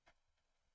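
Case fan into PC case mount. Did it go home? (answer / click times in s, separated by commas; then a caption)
no / none. A case fan is handled against its plastic mount in a PC case; a brief ticking sound comes at about 0.1 s, followed by faint quieter ticks and low background noise. Nothing has seated or clicked into place yet.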